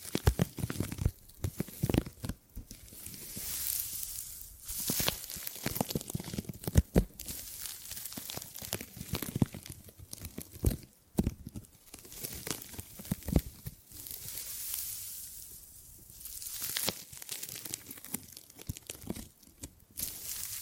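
Gripping and grabbing sounds: irregular bursts of rustling, crinkling and tearing-like scrapes, with sharp clicks and thumps scattered throughout. The handling is busy and uneven, with a few brief lulls around five and fifteen seconds before activity picks up again.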